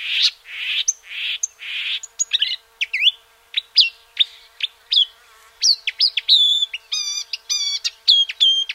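Marsh warbler song, a fast varied stream of buzzy notes, sharp chips, and clear high whistles and trills that change from phrase to phrase.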